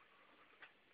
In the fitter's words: the two clicks off side so then you simply slide out